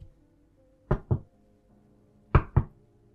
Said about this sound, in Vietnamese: Có tiếng gõ cửa rụt rè vang lên.